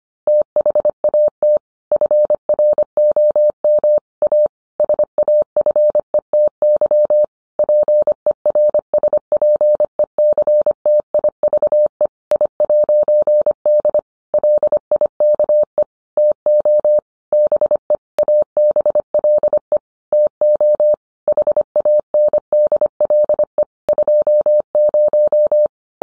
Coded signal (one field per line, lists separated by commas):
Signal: Morse code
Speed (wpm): 25 wpm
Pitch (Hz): 600 Hz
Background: none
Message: THAT FROM A SAFETY PERSPECTIVE I'D LIKE TO BE ABLE TO HANDLE 20